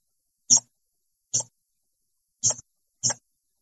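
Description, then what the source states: California leaf-nosed bat chirps: four short, clicky chirps, unevenly spaced, in silence. Described as a shorter, little chirp.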